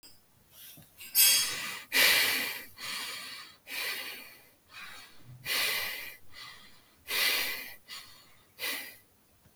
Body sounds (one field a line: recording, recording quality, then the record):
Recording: shallow breathing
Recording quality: excellent, no background noise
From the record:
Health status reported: healthy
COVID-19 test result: not tested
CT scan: not taken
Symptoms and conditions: breathing difficulty, sore throat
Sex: female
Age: 21 years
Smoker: no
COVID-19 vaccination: both doses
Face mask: not worn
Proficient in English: yes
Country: India